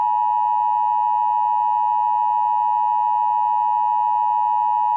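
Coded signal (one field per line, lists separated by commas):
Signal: Emergency Alert System (SAME) tones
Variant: 853 and 960 Hz attention tone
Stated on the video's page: Fictional mock scenario of a lake volcanic eruption using valid EAS tones, not a real alert.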